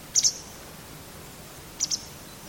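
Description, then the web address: Bird chirps: two quick pairs of very high, thin notes, one pair near the start and another about 1.6 seconds later, over a faint steady hiss. "Deverinetal 2025 File origin Bird Only"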